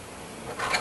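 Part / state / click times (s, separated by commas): brake pad abutment clip into caliper bracket / not seated / none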